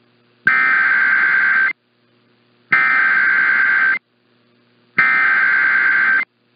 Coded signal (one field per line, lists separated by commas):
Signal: Emergency Alert System (SAME) tones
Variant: header bursts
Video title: Flash Flood Warning on WBAP 820 (EAS #13639) 10/28/23